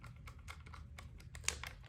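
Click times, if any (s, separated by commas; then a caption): 1.0 s, 1.3 s, 1.5 s, 1.6 s. A torque-limiting driver set to about 12.4 inch-pounds turns an M3 screw holding a ZRTS optic plate to a Walther PDP pistol slide. Soft, scratchy turning sounds are broken by sharp clutch clicks at about 1.0, 1.4, 1.5 and 1.6 seconds, the loudest at 1.5 seconds. The clicks show the driver has reached its setting and is slipping.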